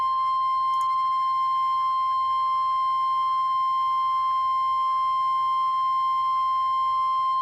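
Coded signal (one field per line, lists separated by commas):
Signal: Emergency Alert System (SAME) tones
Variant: 1050 Hz attention tone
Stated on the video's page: Live stream of two Tropical Storm Warning alerts relayed on NOAA weather radio station.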